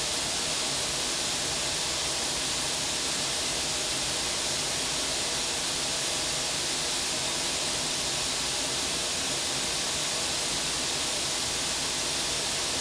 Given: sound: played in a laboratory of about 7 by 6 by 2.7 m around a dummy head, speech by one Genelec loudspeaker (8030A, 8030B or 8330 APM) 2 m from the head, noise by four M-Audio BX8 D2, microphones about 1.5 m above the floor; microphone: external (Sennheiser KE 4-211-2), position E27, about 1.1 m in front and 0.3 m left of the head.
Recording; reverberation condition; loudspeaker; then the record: white noise; medium; four, about 170 cm from the corners of the room and facing them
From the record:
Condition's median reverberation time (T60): about 510 ms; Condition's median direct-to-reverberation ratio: about -0.5 dB